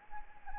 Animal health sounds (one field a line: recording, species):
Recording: mosquito wingbeat signal from an infrared sensor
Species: Anopheles gambiae